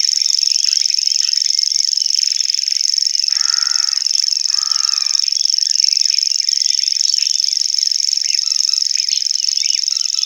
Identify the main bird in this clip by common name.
Common Grasshopper Warbler